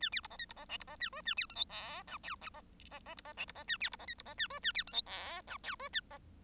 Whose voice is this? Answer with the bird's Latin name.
Lonchura striata domestica